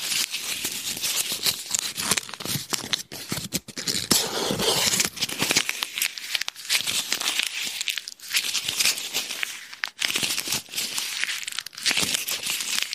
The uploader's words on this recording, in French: Je te relaxe avec mon sac à main et son contenu (portefeuille, cartes, tickets, lunettes, mouchoirs en papier, crème...) Un épisode multi déclencheurs avec mon sac à main et tout son contenu.